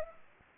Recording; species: mosquito wingbeat signal from an infrared sensor; Anopheles arabiensis